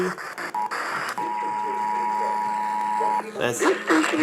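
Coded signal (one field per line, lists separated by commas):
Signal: Emergency Alert System (SAME) tones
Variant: 853 and 960 Hz attention tone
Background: speech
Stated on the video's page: Monthly EAS tests received via an EASyCAST unit.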